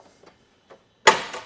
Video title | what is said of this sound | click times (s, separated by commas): etrailer - Test Fit: Inno Tire Hold HD Bike Rack for 2 Electric Bikes on a 2023 Kia Sorento | to put it back into the seated position, I'm just going to come over here and lift up until it clicks into place. | 1.1 s